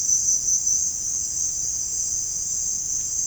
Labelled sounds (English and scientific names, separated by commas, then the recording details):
none
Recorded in dense forest near Puerto Asís, Putumayo, Colombia, on 29 June 2025 at 16:00
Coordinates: 0.481, -76.323
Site G072